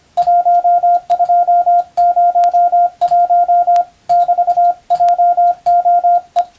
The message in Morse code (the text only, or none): 1201 <BT>JOE